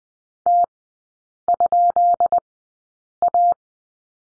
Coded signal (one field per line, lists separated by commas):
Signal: Morse code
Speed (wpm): 20 wpm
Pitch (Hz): 700 Hz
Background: none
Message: T?A